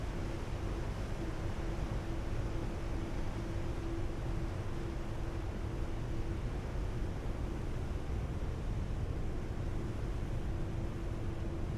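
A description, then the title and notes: A ferry's deep engine rumble fills the rear passenger deck, steady and dense throughout, heaviest in the low end. A faint, level hum sits above it without changing, and an airy wash of wind and water noise covers everything, with no distinct events standing out. Seattle Inbound Rear Passenger Deck Board And Launch Stereo. A days' worth of round-trips on the Seattle-Bainbridge Island Ferry, nearly all short fore-and-aft from then passenger and car decks.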